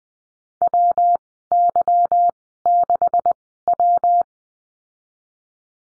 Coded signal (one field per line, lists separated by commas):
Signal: Morse code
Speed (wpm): 20 wpm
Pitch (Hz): 700 Hz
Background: none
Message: W Y 6 W